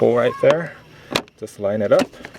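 Someone talks while lining up the clips on the back of a plastic door sill trim panel with their holes in the body of a Honda Fit during an LED door sill install. Brief handling knocks come through between the words, around 1.2 s and 1.5 s. Nothing has seated or clicked yet.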